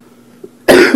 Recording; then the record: coughing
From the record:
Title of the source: Coughing 77